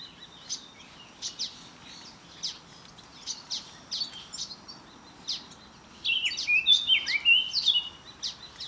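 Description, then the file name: Eurasian blackcap repeating hard, dry ticking calls at uneven intervals, then breaking into a brief, bright warbling phrase near the end. "Sylvia atricapilla"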